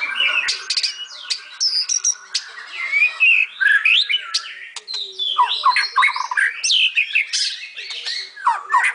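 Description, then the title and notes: White-rumped shama song: continuous jumbled phrases of whistles, rattles and squeaky slurs, varied and energetic throughout. Masteran (training) song used for teaching. "Murai Batu Album 01. Masteran Murai Batu"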